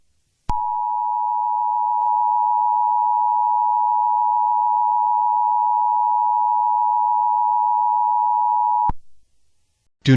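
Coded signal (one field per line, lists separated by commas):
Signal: Emergency Alert System (SAME) tones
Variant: 853 and 960 Hz attention tone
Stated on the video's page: Fictional EAS scenario using valid EAS tones.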